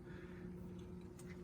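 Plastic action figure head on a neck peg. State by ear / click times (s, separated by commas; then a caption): released / 1.2 s. A custom wrestling action figure's plastic head is pulled off its neck peg, the socket having been opened up so the heads are swappable. Over a steady low hum, a short, sharp pop is heard at 1.2 s as the head comes right off the peg.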